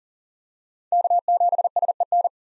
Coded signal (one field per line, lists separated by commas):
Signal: Morse code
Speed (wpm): 38 wpm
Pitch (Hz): 700 Hz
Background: none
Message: K7SEN